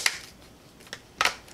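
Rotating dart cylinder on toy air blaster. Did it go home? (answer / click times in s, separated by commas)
no / none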